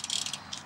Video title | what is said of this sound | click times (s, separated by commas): Illinois State Police Provide Tips for Rear Facing Children's Car Seat Installation | just like that and i no longer can pull the seat belt back out that's when you know it's locked out | 0.0 s, 0.2 s, 0.3 s, 0.5 s